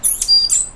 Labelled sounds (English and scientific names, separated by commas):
Stitchbird (Notiomystis cincta) song